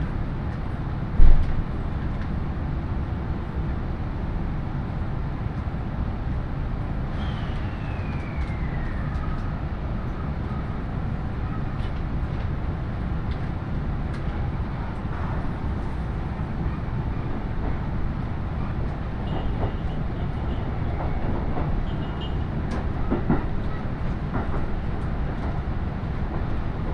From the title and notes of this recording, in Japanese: 鉄道旅 飯田線 辰野→伊那市。やってきたのは313系の2両編成。